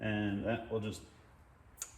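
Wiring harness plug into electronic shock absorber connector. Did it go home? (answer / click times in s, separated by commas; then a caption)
yes / 1.8 s. A labeled wiring harness plug (marked FL for front left) is pushed into the connector of an SDI e-click electronic adjustable shock absorber while someone talks. A single sharp click at 1.8 s confirms the plug has seated.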